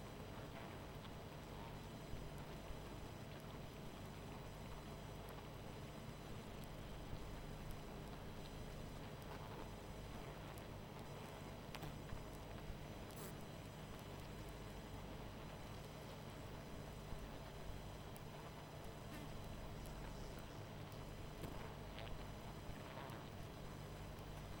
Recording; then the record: honeybee colony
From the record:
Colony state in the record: missing queen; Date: 14 July 2017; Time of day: 21:13